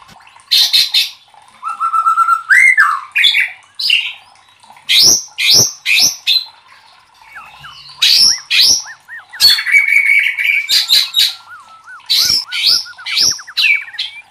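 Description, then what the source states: White-rumped shama song alternating loud harsh rasping notes with smooth whistled slurs and a fast run of looping notes. Masteran (training recording for cage birds) of murai batu 'Labaik'.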